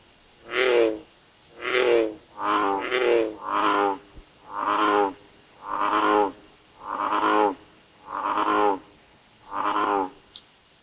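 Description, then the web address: American bullfrog calling in a series of low, resonant croaks, each roughly half a second long, a little under one a second. "Frog Lithobates Catesbeianus"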